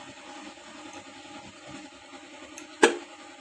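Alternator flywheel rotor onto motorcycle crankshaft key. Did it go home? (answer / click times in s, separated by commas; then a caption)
yes / 2.8 s. An alternator flywheel (magnet rotor) on a Beat motorcycle engine is rotated on the crankshaft taper until it lines up with the woodruff key, with only a faint low hum and a small tick near 2.6 s beforehand. At 2.8 s the rotor drops onto the key with a sharp, loud click, and the flywheel is seated.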